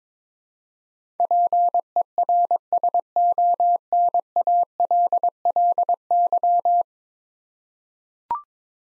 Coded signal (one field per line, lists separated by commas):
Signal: Morse code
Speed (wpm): 22 wpm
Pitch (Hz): 700 Hz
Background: none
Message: PERSONALLY